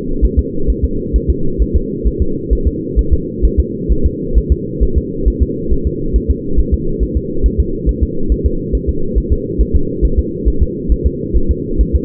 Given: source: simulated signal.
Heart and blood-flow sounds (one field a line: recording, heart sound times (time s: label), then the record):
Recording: fetal heart sounds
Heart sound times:
0.25 s: S1
0.39 s: S2
0.70 s: S1
0.84 s: S2
1.16 s: S1
1.30 s: S2
1.62 s: S1
1.76 s: S2
2.07 s: S1
2.22 s: S2
2.53 s: S1
2.67 s: S2
2.99 s: S1
3.13 s: S2
3.45 s: S1
3.59 s: S2
3.92 s: S1
4.06 s: S2
4.38 s: S1
4.52 s: S2
4.83 s: S1
4.97 s: S2
5.28 s: S1
5.43 s: S2
5.72 s: S1
5.87 s: S2
6.16 s: S1
6.30 s: S2
6.60 s: S1
6.74 s: S2
7.03 s: S1
7.17 s: S2
7.46 s: S1
7.60 s: S2
7.89 s: S1
8.03 s: S2
8.32 s: S1
8.46 s: S2
8.75 s: S1
8.89 s: S2
9.18 s: S1
9.32 s: S2
9.61 s: S1
9.76 s: S2
10.05 s: S1
10.19 s: S2
10.48 s: S1
10.62 s: S2
10.92 s: S1
11.06 s: S2
11.37 s: S1
11.51 s: S2
11.81 s: S1
11.96 s: S2
From the record:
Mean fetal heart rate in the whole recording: 135 bpm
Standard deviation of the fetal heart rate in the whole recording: 3 bpm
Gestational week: 34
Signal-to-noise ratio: -8.1 dB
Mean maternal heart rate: 72 bpm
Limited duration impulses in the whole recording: absent